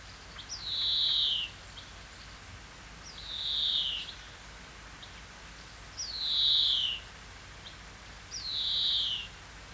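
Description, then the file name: European greenfinch calling with drawn-out, slurred notes that slide downward, four of them spaced about every two and a half seconds over a steady hiss. "Chloris chloris"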